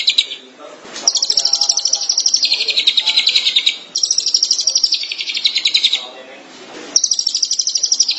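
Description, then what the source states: Long-tailed shrike song: bouts of rapid high chattering notes separated by short pauses. Recorded in March 2017.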